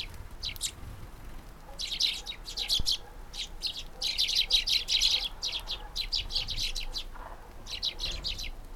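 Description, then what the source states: Field sparrows giving bursts of bright, high chirps in quick repeated clusters, pausing between groups, over a soft low background hum. Field sparrows in winter countryside ambience with birdsong.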